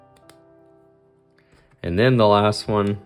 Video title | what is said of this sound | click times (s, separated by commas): How to Make "Pikachu" 3D Fuse Bead Art! | So I'm going to take that, push in all the way till it clicks. | 0.3 s